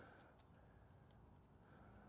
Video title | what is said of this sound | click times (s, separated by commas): 2011 chevy HHR wheel bearing | being sure that the tab clicks in place and that it's oriented in the right direction, and | 0.2 s